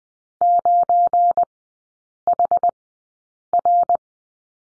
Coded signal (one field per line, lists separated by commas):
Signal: Morse code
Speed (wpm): 20 wpm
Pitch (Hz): 700 Hz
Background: none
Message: 9HR